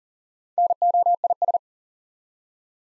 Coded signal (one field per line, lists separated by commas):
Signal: Morse code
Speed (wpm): 40 wpm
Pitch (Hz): 700 Hz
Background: none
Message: NOIS